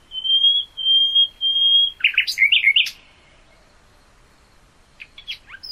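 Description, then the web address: Common nightingale song starting with three long, pure piping whistles, then a fast tangle of chirps, followed by soft scattered notes. "hoeren nachtigall"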